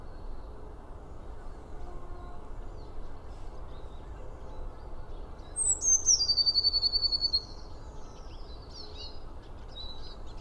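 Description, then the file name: Eurasian blue tit gives one call midway: high descending notes leading into a quick trill, then faint thin notes; constant low background hiss. "Cyanistes caeruleus"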